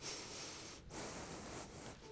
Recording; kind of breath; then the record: one breath in and out by a microphone near the nose and mouth; strong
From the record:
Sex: male